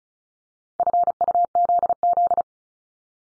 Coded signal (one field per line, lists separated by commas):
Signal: Morse code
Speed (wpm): 36 wpm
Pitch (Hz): 700 Hz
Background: none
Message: FUZZ